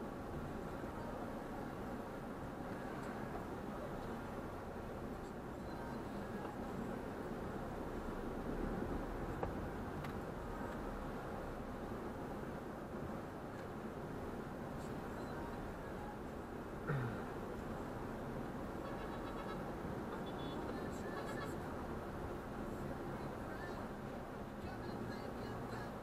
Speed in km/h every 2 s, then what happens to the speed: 4, 1, 1, 1, 6, 8, 3, 3, 4, 4, 2, 1, 0.
1-6 standing. 6-9 pulls away to 8. 9-19 steady at about 4. 19-26 standing.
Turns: none.